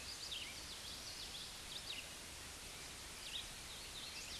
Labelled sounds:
Red-eyed Vireo song
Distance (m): 75 m
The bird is about 30 m above the microphone
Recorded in a Pennsylvania forest on 16 May 2024 at 09:26
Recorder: AudioMoth, point MSD-1307
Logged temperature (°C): 16.6 °C
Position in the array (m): 197 m, 191 m

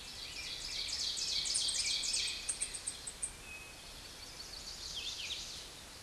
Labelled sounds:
Ovenbird song
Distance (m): 25 m
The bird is about 10 m above the microphone
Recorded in a Pennsylvania forest on 16 May 2024 at 07:11
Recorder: AudioMoth, point MSD-2287
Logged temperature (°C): 11.2 °C
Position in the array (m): 145 m, -1 m

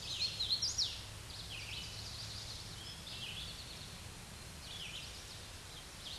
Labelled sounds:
Red-eyed Vireo song
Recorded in a Pennsylvania forest on 16 May 2024 at 07:45
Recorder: AudioMoth, point MSD-2258
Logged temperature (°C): 15.2 °C
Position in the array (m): 143 m, 43 m

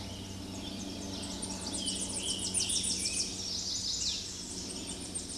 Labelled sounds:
Tennessee Warbler song
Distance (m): 40 m
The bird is about 10 m above the microphone
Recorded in a Pennsylvania forest on 16 May 2024 at 08:06
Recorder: AudioMoth, point MSD-0263
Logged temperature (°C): 16.0 °C
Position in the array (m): 55 m, 188 m

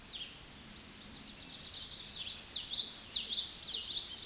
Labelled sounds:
Common Yellowthroat song
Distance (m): 25 m
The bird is about 10 m above the microphone
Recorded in a Pennsylvania forest on 16 May 2024 at 08:57
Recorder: AudioMoth, point MSD-2061
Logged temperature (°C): 16.1 °C
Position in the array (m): 242 m, 171 m

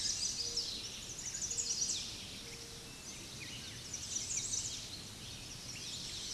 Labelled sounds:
American Redstart song
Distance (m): 75 m
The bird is about 15 m above the microphone
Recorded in a Pennsylvania forest on 16 May 2024 at 06:24
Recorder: AudioMoth, point MSD-0407
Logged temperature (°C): 15.8 °C
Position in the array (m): 32 m, 227 m

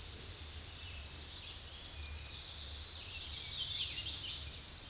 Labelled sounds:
Hooded Warbler song
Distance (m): 175 m
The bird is about 30 m above the microphone
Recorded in a Pennsylvania forest on 16 May 2024 at 09:49
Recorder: AudioMoth, point MSD-0661
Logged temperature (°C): 15.8 °C
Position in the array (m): -94 m, 195 m

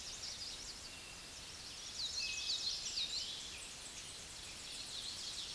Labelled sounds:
Common Yellowthroat song
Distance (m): 45 m
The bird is about 5 m above the microphone
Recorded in a Pennsylvania forest on 16 May 2024 at 06:15
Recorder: AudioMoth, point MSD-2039
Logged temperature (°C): 15.0 °C
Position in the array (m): 62 m, 47 m

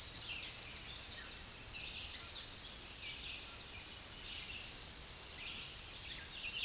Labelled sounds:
Tennessee Warbler song
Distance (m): 20 m
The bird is about level with the microphone
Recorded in a Pennsylvania forest on 16 May 2024 at 08:09
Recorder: AudioMoth, point MSD-2478
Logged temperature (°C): 15.6 °C
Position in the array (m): 67 m, 174 m

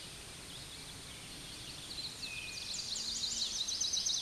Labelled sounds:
Chestnut-sided Warbler song
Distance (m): 65 m
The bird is about 20 m above the microphone
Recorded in a Pennsylvania forest on 16 May 2024 at 09:38
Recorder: AudioMoth, point MSD-2453
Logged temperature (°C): 16.3 °C
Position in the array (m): 150 m, 168 m

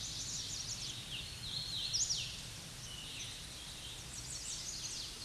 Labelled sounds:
Hooded Warbler song
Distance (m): 25 m
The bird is about level with the microphone
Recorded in a Pennsylvania forest on 16 May 2024 at 07:21
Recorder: AudioMoth, point MSD-1482
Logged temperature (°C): 15.6 °C
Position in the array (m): 165 m, 116 m

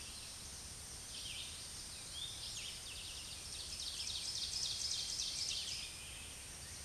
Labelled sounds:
Ovenbird song
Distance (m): 50 m
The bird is about 5 m above the microphone
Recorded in a Pennsylvania forest on 16 May 2024 at 07:33
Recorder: AudioMoth, point MSD-2083
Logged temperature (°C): 16.7 °C
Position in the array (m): 168 m, -24 m

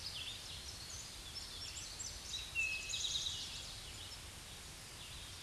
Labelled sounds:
Eastern Towhee song
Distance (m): 30 m
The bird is about 15 m above the microphone
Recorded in a Pennsylvania forest on 16 May 2024 at 07:17
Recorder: AudioMoth, point MSD-2131
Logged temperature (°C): 14.8 °C
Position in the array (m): 66 m, 9 m

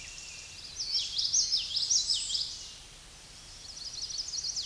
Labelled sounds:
Common Yellowthroat song
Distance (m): 20 m
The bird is about 10 m above the microphone
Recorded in a Pennsylvania forest on 16 May 2024 at 07:09
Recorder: AudioMoth, point MSD-1342
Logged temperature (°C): 15.5 °C
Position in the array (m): 243 m, 174 m

